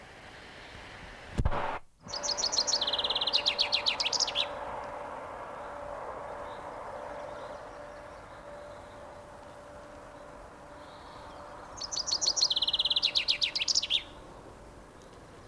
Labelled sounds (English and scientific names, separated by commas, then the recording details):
Common Chaffinch (Fringilla coelebs)
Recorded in the wild
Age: adult
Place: Blankenfelde, Berlin, DE
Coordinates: 52.625, 13.404
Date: 1992-05-01 10:02
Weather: heiter bis wolkig, böiger Wind, 16 °C
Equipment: Nagra SN, Mikrofon AKG CK 8, Kopie Tesla B 116
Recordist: Tembrock, Günter